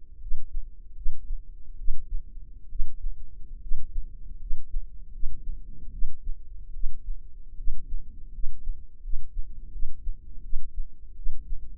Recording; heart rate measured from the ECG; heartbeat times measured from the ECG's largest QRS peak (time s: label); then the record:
heart sounds by microphone in the left ear; 77 bpm
0.19 s: heartbeat
0.95 s: heartbeat
1.77 s: heartbeat
2.68 s: heartbeat
3.60 s: heartbeat
4.38 s: heartbeat
5.11 s: heartbeat
5.91 s: heartbeat
6.72 s: heartbeat
7.56 s: heartbeat
8.31 s: heartbeat
9.01 s: heartbeat
9.70 s: heartbeat
10.42 s: heartbeat
11.15 s: heartbeat
From the record:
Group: healthy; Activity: rest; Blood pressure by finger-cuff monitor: 100/63 mmHg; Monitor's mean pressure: 76 mmHg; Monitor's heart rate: 77 bpm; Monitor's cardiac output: 6.5 L/min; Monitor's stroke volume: 86 mL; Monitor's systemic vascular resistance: 820 dyn s/cm5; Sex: female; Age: 22 years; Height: 157 cm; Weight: 47.6 kg